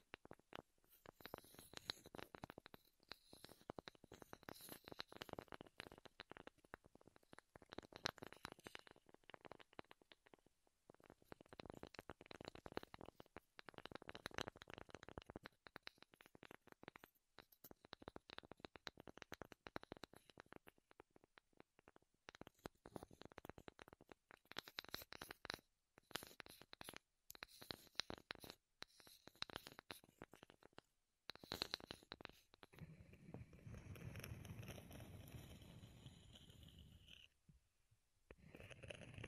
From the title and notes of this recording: ASMR Wood Triggers in Your Ears (No Talking).